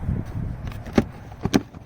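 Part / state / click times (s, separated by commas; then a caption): air box cover clip on the engine air filter housing / not seated / none. On a 2014-19 Lincoln MKC, after the engine air filter is checked and found pretty dirty, a hand works the plastic spring clip on the air box cover of the engine air filter housing. Low rumbling handling noise carries two short, sharp knocks at about 1.0 and 1.5 seconds. Nothing has latched or clicked shut yet.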